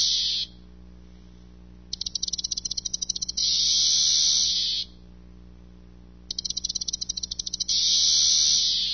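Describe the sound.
Cicada calling in two phrases, each starting with fast rattling ticks that lead into a loud, sustained high-pitched buzz; the first buzz cuts off abruptly.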